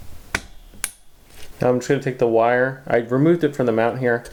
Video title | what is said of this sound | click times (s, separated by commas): Gaming on a $250 budget! Episode 2.1: Building the Motherboard, CPU, Heatsink, and RAM | there's one and there's that second click now | 0.3 s, 0.8 s